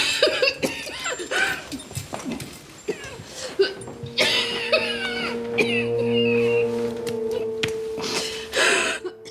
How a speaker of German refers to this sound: Das Lachen der Konsulin geht in Husten über.